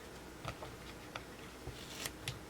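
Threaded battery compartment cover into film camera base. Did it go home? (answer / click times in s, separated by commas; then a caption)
no / none. The threaded metal battery cover is turned backwards in the base of an Asahi Pentax ME 35mm film camera with a Pentax-M 50mm 1:1.7 lens, searching for the thread start so it won't cross-thread. Faint scraping ticks are heard, sharpest near 1.2 s, 2.1 s and 2.3 s, over a quiet background. Nothing has clicked into engagement or seated yet.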